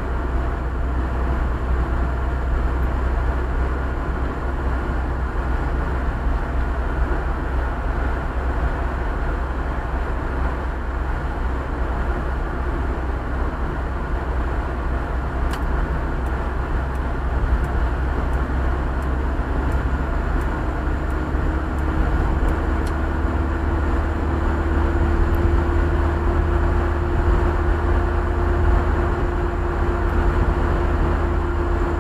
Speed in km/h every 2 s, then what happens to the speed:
61, 61, 62, 63, 63, 62, 62, 63, 63, 65, 68, 71, 73, 75, 76, 75.
0-17 steady at about 62. 17-25 speeds up to 75. 25-32 steady at about 75.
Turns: none.